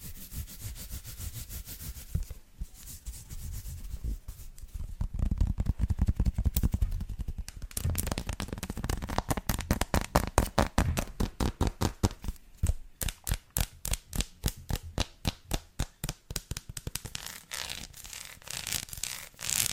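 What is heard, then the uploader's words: Fingernails tap and scratch across textured chocolate, first in dense, rough scraping strokes with a low thump underneath. From about eight seconds the sound turns into quick, regular clicking taps, crisp and bright, slowing slightly toward the end. ASMR - TAPPING and SCRATCHING on CHOCOLATE (textured).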